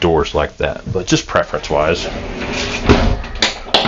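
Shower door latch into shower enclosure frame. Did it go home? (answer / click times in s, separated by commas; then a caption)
yes / 3.4 s, 3.8 s. In the bathroom of a 2021 Renegade Classic 38CSB motorhome, the neo-angle shower door is pushed closed until its latch catches in the shower enclosure frame while someone talks. Two sharp latch clicks ring out at 3.4 s and 3.8 s as the door latches shut and seats.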